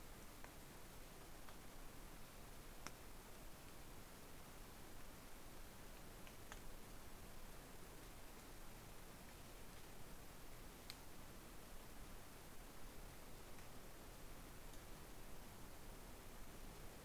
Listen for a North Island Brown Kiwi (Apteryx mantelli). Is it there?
no